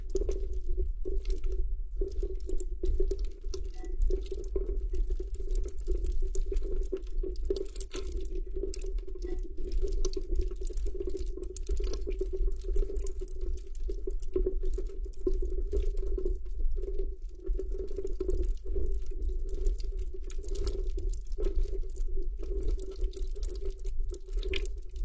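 Water and glass sounds from a large glass bowl. A steady low hum runs throughout with a constant ringing tone, while frequent small drips, taps and fizzy crackles scatter irregularly across the whole clip.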